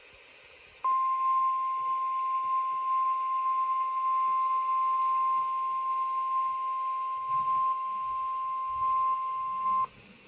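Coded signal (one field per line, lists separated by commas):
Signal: Emergency Alert System (SAME) tones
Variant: 1050 Hz attention tone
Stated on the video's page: Severe thunderstorm warning EAS alerts from the Charleston WV (RLX) and Raleigh (RAH) offices.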